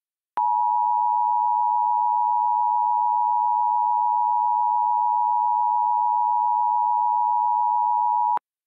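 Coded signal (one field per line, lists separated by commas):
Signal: Emergency Alert System (SAME) tones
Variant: 853 and 960 Hz attention tone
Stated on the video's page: Mock EAS alerts, experimental products generated on CAVE AWIPS, containing valid tones.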